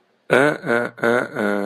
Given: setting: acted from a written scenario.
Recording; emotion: vocal sound without words; disappointment